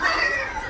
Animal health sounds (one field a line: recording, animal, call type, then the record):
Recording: contact call of a hoofed animal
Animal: wild boar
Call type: grunt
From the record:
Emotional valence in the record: negative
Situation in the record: naturally occurring agonistic interactions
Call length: 0.70 s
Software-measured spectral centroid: 2650 Hz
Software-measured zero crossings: 3530 a second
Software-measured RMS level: -24 dBFS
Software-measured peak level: -9 dBFS